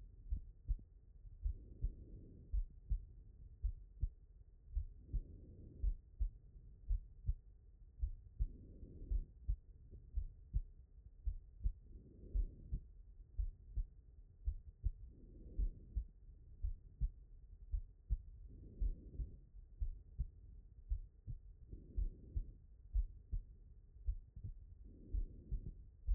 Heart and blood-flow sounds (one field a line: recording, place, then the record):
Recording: heart sounds by stethoscope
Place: pulmonary valve (PV)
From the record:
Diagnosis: non-HFrEF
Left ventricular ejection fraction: 61%